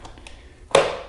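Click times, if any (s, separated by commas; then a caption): 0.8 s. A removable battery pack is slid back into its holder on an eFoldi Lite folding travel scooter, then pulled a little until it snaps in. A few faint light taps come first, followed by one loud, sharp snap at 0.8 s that rings down over the rest of the clip. The battery is seated.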